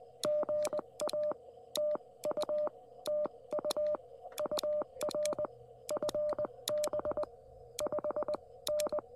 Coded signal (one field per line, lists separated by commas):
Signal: Morse code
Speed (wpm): 20 wpm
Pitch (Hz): 600 Hz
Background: none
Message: GA TU TU UR FB 5N